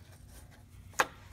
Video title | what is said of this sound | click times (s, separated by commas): Ford Quick Tips #81: Removing Rusted Stuck Oxygen Sensors the Easy Way! | then of course take the other end it'll plug it back into the body main harness until it clicks | 1.0 s